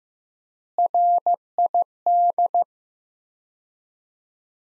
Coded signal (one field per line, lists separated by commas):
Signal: Morse code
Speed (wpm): 15 wpm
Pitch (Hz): 700 Hz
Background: none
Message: RID